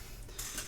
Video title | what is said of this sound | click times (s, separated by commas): Cubiko Firmware Update Procedure (Step-By-Step Video Demo) | So you push it in until you hear it click. And that's locked into place. | 0.4 s